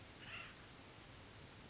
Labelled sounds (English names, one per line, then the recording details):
Acorn Woodpecker
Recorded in Sonoma County, California